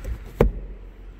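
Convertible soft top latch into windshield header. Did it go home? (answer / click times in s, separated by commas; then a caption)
yes / 0.4 s. On a 2001 Ford Mustang SVT Cobra convertible, the raised soft top's front header is pulled down onto the windshield frame and its latch is locked. A single sharp snap at 0.4 s marks the latch locking into place, followed by quiet low rumble.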